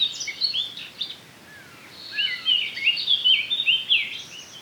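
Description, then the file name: Eurasian blackcap singing a rapid, varied warble of twisting whistled and chattering notes, pausing briefly before a louder flourish in the second half. "Sylvia atricapilla"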